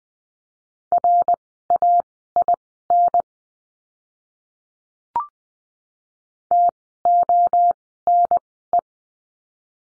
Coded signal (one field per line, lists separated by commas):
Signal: Morse code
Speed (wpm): 20 wpm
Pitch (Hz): 700 Hz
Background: none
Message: RAIN TONE